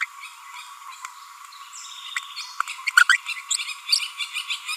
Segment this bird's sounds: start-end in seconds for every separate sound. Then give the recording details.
2.16-2.18, 2.69-2.72, 2.87-2.90, 2.97-3.03, 3.09-3.17, 3.28-3.34, 3.50-3.56, 3.92-3.95. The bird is a female. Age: 30 days. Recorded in a nest box in Venezuela. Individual 17B42A4